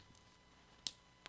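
Two crimped metal contacts are pushed into the back of a plastic Powerpole power-connector housing, giving a sharp click at 0.9 s and a softer one at 1.3 s over a quiet background. Both contacts lock into the housing.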